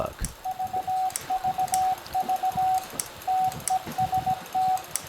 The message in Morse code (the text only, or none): VVV TEST